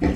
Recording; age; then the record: pig call; growing-finishing pig (85 days or more)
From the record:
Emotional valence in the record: negative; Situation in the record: barren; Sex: female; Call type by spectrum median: low-frequency call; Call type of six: low-frequency tonal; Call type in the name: low-frequency stable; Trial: 2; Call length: 0.16 s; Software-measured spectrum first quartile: 144 Hz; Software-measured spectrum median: 282 Hz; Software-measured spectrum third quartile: 507 Hz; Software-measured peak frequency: 292 Hz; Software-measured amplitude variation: 127 dB a second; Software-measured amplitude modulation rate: 12.2 a second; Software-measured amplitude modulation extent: 10.4 dB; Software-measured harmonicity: -1.3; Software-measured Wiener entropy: -0.78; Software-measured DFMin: 665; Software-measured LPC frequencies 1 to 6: 331, 1920, 2341, 3214, 4225, 5147 Hz